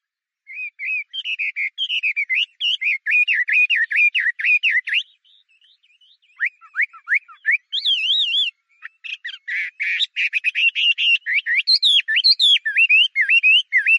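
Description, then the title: Chinese hwamei song, a long stream of rapid, repeated whistled notes that change pattern several times, with a short soft pause midway. "画眉鸟的叫声"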